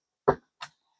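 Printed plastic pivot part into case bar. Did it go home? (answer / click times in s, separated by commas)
yes / 0.3 s, 0.6 s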